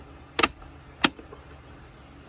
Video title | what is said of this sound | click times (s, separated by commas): 2014 Ford Escape Dash Removal and Evaporator Replacement | All right, so put this little piece on here. Snaps in place. | 0.4 s, 1.0 s